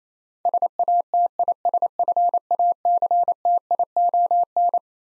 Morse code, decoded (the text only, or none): SATISFACTION